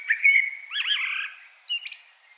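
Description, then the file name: Common blackbird: a brief fluty warble with looping slurred notes, then thin high squeaks. "Turdus merula"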